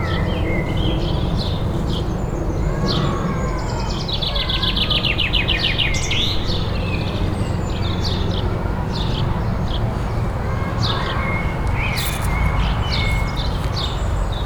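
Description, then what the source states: Several birds sing and chirp at once, including a rapid trilled phrase and scattered high notes, over a steady low rumble of city noise. City garden.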